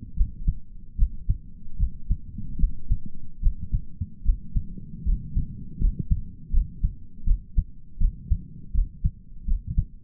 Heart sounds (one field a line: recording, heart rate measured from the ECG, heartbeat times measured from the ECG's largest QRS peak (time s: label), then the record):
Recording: heart sounds by stethoscope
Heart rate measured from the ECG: 77 bpm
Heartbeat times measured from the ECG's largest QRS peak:
0.16 s: heartbeat
0.98 s: heartbeat
1.79 s: heartbeat
2.59 s: heartbeat
3.42 s: heartbeat
4.25 s: heartbeat
5.05 s: heartbeat
5.80 s: heartbeat
6.53 s: heartbeat
7.26 s: heartbeat
8.00 s: heartbeat
8.74 s: heartbeat
9.47 s: heartbeat
From the record:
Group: healthy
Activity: rest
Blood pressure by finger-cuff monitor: 106/73 mmHg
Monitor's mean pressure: 82 mmHg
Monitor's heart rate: 75 bpm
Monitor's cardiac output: 5.8 L/min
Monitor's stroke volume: 84 mL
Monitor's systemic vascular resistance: 900 dyn s/cm5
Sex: male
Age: 22 years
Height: 181 cm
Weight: 79 kg